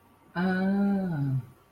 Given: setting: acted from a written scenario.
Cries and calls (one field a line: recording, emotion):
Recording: vocal sound without words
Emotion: interest